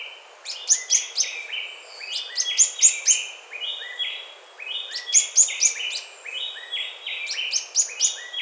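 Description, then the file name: Bird calling almost continuously, high sharp chirps in bursts mixed with lower stepped whistles, the pattern repeating several times. "SABIOD 50 bird 2015"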